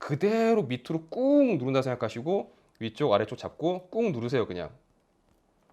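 A memory module is held at both ends and pressed straight down into a motherboard DIMM slot while someone talks throughout. Nothing has seated or clicked yet; the clip ends just before the retention latches lock, with only faint low noise after the speech stops.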